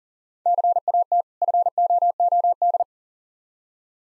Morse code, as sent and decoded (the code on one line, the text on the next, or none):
-.-. .- - / ..-. --- --- -..
CAT FOOD